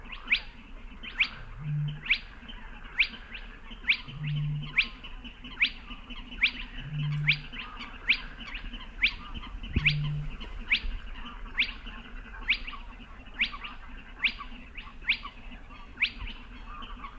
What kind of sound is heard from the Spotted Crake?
song